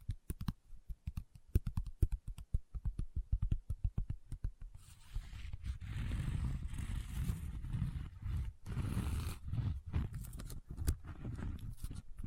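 Close-up paper handling: the first five seconds are quick, sharp crinkles and ticks, dense and irregular. After that it turns into a steady, coarse rubbing and scratching with a low rumble, broken by a few brief pauses and snaps near nine and eleven seconds.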